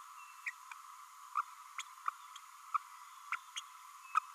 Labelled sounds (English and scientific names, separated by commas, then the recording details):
Green-rumped Parrotlet (Forpus passerinus) babbling
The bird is a female
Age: 30 days
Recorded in a nest box in Venezuela
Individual 17B32A5